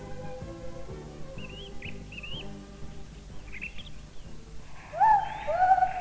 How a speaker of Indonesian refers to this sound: Hei, lihat ke atas sahabatku. Seekor burung undan yang elok dan dapat bernyanyi.